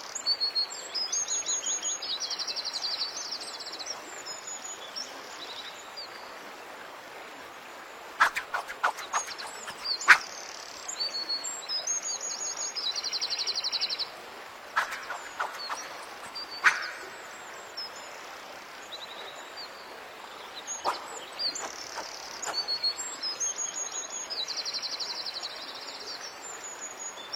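Steady flowing water hisses under frequent bright birdsong chirps, while sharp clicks and taps burst out around eight, fifteen and twenty-one seconds.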